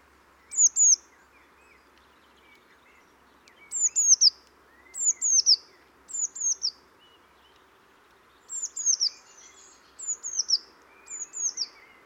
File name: Cyanistes caeruleus